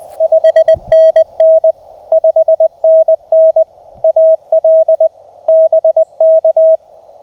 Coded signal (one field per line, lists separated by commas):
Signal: Morse code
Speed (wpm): 19 wpm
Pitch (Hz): 620 Hz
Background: none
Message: 5NN 5NN AL BK